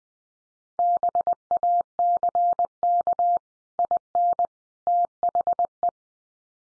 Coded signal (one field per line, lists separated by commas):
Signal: Morse code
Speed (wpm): 20 wpm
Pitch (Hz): 700 Hz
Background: none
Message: BACK IN THE